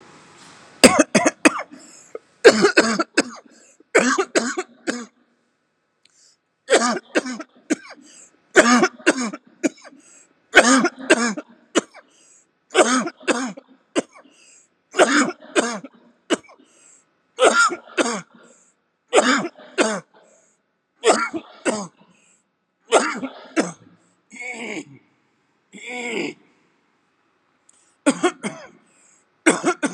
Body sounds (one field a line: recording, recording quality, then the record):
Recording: shallow voluntary cough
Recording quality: excellent, no background noise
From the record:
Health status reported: COVID-19 positive, moderate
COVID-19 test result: positive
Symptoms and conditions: cough, cold, fever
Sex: male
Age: 44 years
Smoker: not ticked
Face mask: worn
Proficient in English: yes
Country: India